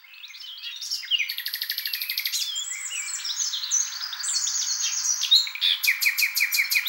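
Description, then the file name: Common nightingale in continuous song: a rapid pulsed trill, then sweeping whistled notes, ending in a loud series of quickly repeated notes. "Luscinia megarhynchos"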